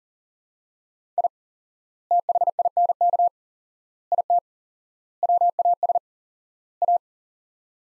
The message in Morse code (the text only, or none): I THINK IT WAS A